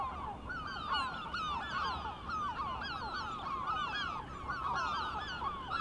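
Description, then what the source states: Gulls in a continuous chorus of wavering, mewing cries, many birds overlapping with no pauses. Recorded on 23 May 2004.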